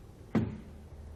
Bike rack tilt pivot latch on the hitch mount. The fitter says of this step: you can see just gets a nice solid click there for us to let us know that it's held in place